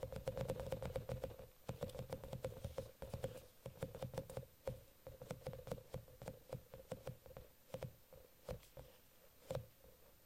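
A squishy octopus toy and mermaid brushes are handled with dense, irregular crackles, taps and soft brushing strokes that run the whole time. A steady mid-pitched hum sits underneath with a low rumble, and a sharper tap stands out near the end.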